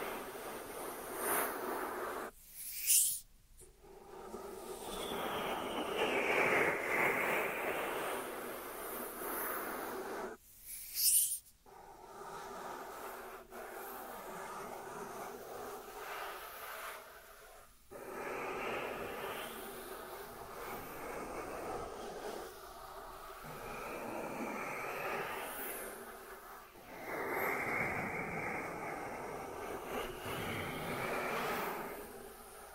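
Dry hands rub and slide against each other in long, steady hissing strokes that swell and fade. Sharp breaks near 3, 11 and 18 seconds mark brief pauses or grips before the rubbing resumes, with brighter scratchy passages later on.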